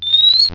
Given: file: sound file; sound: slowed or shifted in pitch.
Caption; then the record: Upward vocalization from a male B6 pup at pnd 8.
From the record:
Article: Unusual Repertoire of Vocalizations in the BTBR T+tf/J Mouse Model of Autism